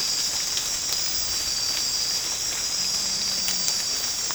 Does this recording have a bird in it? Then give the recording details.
no. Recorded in secondary vegetation near Puerto Asís, Putumayo, Colombia, on 8 March 2025 at 02:00. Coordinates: 0.485, -76.322. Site G040